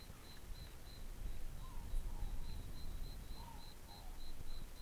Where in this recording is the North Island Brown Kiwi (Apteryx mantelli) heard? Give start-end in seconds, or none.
none